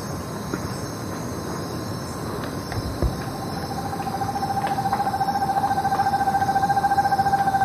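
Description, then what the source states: Foothill Screech Owl starts a quick, monotone trill of hooting notes midway and keeps it going to the end, over continuous insect noise. Recorded in Ecuador.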